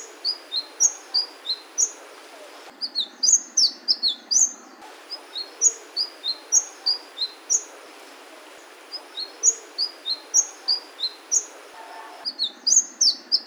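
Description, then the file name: Sunbird song: high, thin descending notes in quick repeated phrases, with denser bursts of sharp twittering at times, over faint background hiss. "suara kicauan burung madu matari. omkicau"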